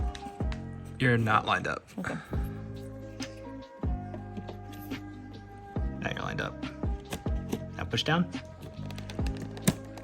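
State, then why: Seated. A DDR memory module is pushed down into a motherboard DIMM slot while someone talks and music plays, with light taps and handling sounds throughout. The module clicks into the slot at 9.7 s as the retention tabs snap shut, and it is seated.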